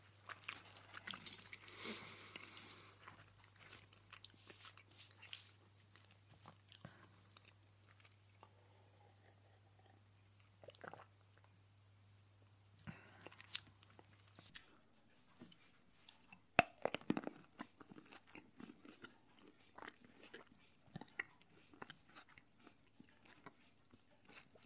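A person eating, with irregular crunchy bites and chewing clicks scattered through the clip. A steady low hum runs underneath for the first fourteen seconds and then stops. A sharp, louder crunch lands around seventeen seconds, followed by busier chewing.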